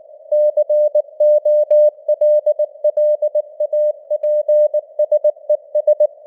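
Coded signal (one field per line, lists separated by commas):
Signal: Morse code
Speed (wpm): 19 wpm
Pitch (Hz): 600 Hz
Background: none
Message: COLLAPSES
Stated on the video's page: Simulated Morse news headlines at 19 wpm with simulated radio noise and varying signal strength (QSB).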